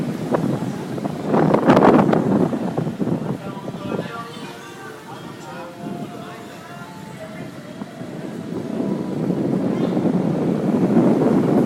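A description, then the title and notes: A scooter rumbles through narrow streets with wind buffeting, brief voices and a faint tonal whine midway, the engine swelling again near the end. Super Excitebike Da Nang Hazard Course 2: Back Street Special. More zooming through back alleys in Da Nang's Hai Chau district.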